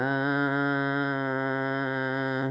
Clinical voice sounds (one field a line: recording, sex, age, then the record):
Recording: sustained vowel /a/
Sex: female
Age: 70 to 79 years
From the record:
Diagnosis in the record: amyotrophic lateral sclerosis, bulbar onset 11 months earlier, bulbar signs present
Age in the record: 70 years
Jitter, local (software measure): 0.46%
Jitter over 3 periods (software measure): 0.17%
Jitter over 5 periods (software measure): 0.24%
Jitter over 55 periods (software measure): 0.96%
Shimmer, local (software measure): 2.9%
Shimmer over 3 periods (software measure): 1.3%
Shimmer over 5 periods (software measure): 1.9%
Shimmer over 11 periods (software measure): 2.9%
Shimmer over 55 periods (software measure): 4.3%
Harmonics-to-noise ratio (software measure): 3.9 dB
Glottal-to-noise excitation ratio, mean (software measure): 0.94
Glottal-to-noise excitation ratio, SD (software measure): 0.025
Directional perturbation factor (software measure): 51.3%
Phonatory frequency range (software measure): 0.39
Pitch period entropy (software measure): 1.40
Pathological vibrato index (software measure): 0.71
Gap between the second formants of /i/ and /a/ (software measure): 359 Hz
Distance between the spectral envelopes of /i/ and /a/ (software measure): 5.4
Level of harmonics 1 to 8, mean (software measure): -9.0, -4.7, -9.1, -11.0, -11.9, -17.3, -15.5, -22.3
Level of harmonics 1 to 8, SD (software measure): 1.5, 2.0, 1.2, 1.7, 2.1, 2.5, 2.3, 3.4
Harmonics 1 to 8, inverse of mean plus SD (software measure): 0.096, 0.149, 0.097, 0.079, 0.071, 0.051, 0.056, 0.039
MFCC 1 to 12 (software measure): -2.6, -9.1, -0.3, 0.4, -20.9, 10.4, -8.8, -7.8, 0.2, -5.0, 3.6, -8.3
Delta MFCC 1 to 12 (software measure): 0.014, 0.048, -0.003, 0.009, -0.004, -0.013, -0.035, -0.014, -0.021, -0.011, -0.010, -0.014